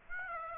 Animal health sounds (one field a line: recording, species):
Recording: mosquito wingbeat signal from an infrared sensor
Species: Aedes aegypti